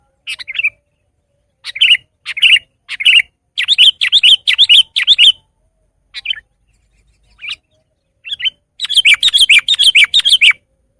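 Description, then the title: Sooty-headed bulbul singing lively, liquid chattering phrases in bursts, with scattered single notes between them and a long, fast bubbling run at the end. "kutilang"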